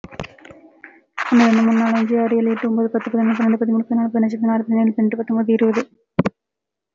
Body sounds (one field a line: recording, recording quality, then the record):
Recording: counting at a fast pace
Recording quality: excellent, no background noise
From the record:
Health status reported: healthy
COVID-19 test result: negative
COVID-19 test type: RT-PCR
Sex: female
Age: 24 years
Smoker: no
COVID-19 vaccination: one dose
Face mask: worn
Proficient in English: yes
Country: India